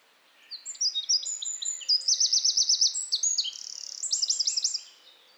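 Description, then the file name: Eurasian wren song, a loud, rapid, high-pitched outpouring of sharp notes and fast rattling trills, lasting about four seconds without pause. "Troglodytes troglodytes"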